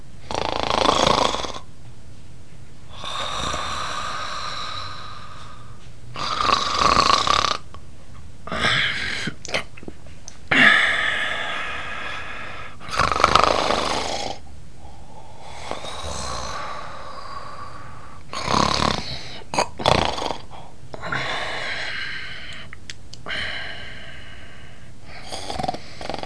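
About ten loud, rough, rattling breath noises come every two to three seconds, roughly 20 to 25 a minute, with quiet gaps between them. This is ordinary snoring, the vibration of the soft tissues of the throat during sleep breathing.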